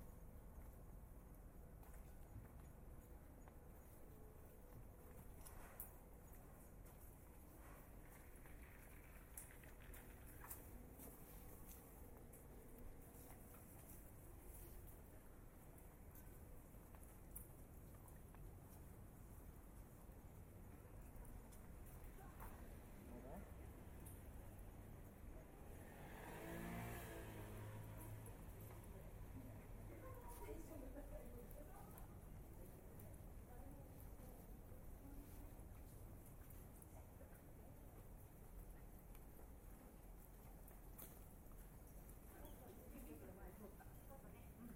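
A walk through Tokyo streets with a steady wash of rain and traffic rumble filling the whole 45 seconds. Faint voices pass now and then, and around the 27-second mark a passing vehicle swells briefly with a rising tone before fading.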